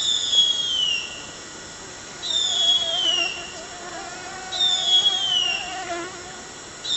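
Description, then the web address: Harpy eagle calling with a series of thin, high, falling wails spaced a couple of seconds apart over a soft steady background hiss. Recorded in the eastern lowlands of South America. "Natures Songs S America Eastern Lowlands. Harpy Eagle"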